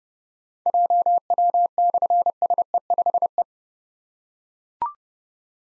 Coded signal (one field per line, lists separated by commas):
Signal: Morse code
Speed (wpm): 29 wpm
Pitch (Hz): 700 Hz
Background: none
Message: JW/SE5E